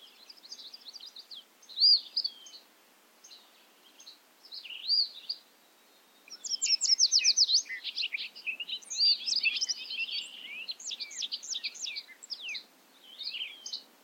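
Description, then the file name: Bobolink song, a long bubbling jumble of quick metallic notes. It starts sparse, then pours out in a dense run from about the middle on. Recorded at Ferme Beauchamp. "A bobolink talks to you from Ferme Beauchamp"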